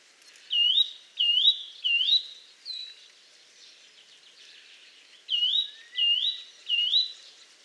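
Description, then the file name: Eurasian nuthatch giving clear, rising whistled calls in quick runs of three, then a short single note, a pause, and another run of three. "Sitta europaea"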